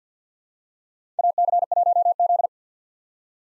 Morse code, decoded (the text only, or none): AC1Z